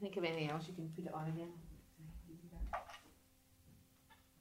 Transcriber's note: sound of people moving about